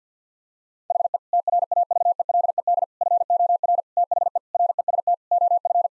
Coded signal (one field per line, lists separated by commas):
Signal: Morse code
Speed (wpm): 50 wpm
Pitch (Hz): 700 Hz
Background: none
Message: HE TRAVELED FOR THE REST OF